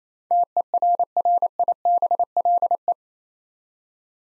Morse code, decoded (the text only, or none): TERRIBLE